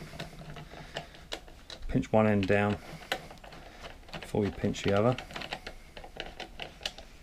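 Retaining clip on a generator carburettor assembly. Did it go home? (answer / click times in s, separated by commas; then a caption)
no / none. A retaining clip is handled while refitting the carburettor on a small two-stroke petrol generator, with one end of the clip pinched down before the other. Someone talks while scattered light clicks and taps from handling the clip sound throughout. Nothing has seated or clicked into place yet.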